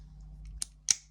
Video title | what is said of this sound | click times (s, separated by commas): Engraved Model 1851 London Colt Navy | Pop that in, across, nice click as the spring clears the other side. | 0.9 s